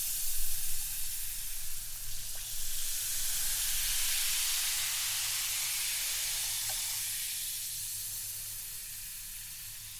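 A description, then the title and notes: Fizzing hiss fills the clip, a dense, bright rush that swells over the first few seconds and then slowly fades toward the end. A low rumble sits underneath throughout, with a couple of faint clicks near two and seven seconds. Fizzing.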